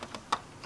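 A small plastic LEGO part, likely the astronaut minifigure, is fitted into a LEGO Apollo 11 Lunar Lander brick model after first being tried the wrong way round. Faint taps come before a loud, sharp snap at 0.3 s as the part seats into place, and a weaker tap follows at the end.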